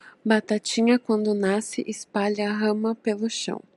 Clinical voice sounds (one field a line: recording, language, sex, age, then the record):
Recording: short text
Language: Brazilian Portuguese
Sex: female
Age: 20 to 29 years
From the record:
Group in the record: control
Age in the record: 22 years